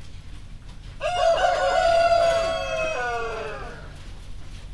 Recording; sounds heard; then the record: poultry house recording; healthy chickens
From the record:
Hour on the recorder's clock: 1